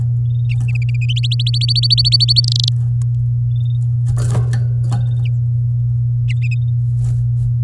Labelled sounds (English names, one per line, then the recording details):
Domestic Canary song
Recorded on 11 May 2018 at 08:53
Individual llb16